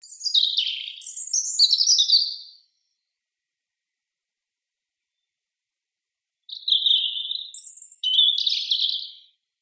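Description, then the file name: European robin song: two separate bursts of high, thin, tumbling warbled notes, each around two to three seconds long, split by several seconds of silence. "Erithacus rubecula"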